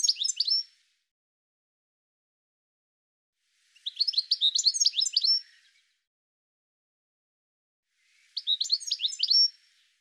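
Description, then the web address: Bird giving bursts of high, jumbled chirps, each burst lasting a second or two and repeated about every four seconds, with silence between. "cianscape birddata Deverinetal 2025 File cleaned normalized Bird"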